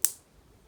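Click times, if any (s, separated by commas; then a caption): 0.1 s. After the metal blade of an insulation-displacement wire tap (tap splice) is pressed into an electrical cable with pliers, its hinged plastic latch cover is folded over and snapped shut. A single sharp, bright click sounds at 0.05 s, concentrated in the high frequencies and decaying within about 0.2 s into near silence. The cover clips shut and the connector is seated.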